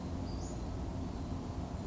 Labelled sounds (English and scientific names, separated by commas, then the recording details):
Western Flycatcher (Empidonax difficilis)
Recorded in Sonoma County, California